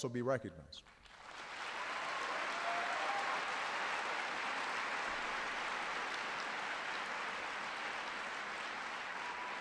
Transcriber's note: applause